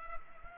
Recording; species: mosquito wingbeat signal from an infrared sensor; Culex pipiens